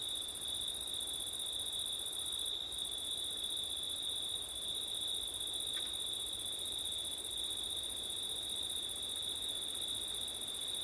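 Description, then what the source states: Steady cricket trilling at a high pitch with an overlapping even higher chorus, one short break in the top layer, and a faint low hiss throughout. Crickets singing on a September night, with wind; labelled ortif.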